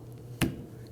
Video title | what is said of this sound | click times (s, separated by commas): How to Replace Wiper Blades 2008-2011 Ford Focus | And you're going to feel it and hear it lock into place. | 0.4 s